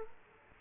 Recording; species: mosquito wingbeat signal from an infrared sensor; Culex quinquefasciatus